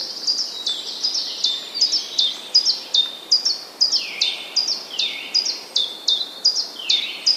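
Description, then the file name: Common chiffchaff delivering rhythmic, high, downslurred notes in a regular series, with a lower sweeping note repeating about every second underneath in the second half. Recorded 16 April 2011. "pierwiosnek 16 04 2011"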